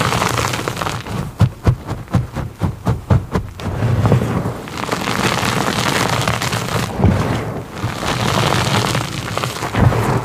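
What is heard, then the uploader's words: Fast, loud crunchy sounds, opening with a rapid run of sharp crackling bursts from about one to four seconds. After that the crunching turns into a denser, steady rustling hiss that continues to the end, with a low rumble underneath and a few louder pops. 25+ Plain Soft Chalk Blocks. Fast, loud, aggressive ASMR crunchy sounds, oddly satisfying asmr gym chalk crushing sounds.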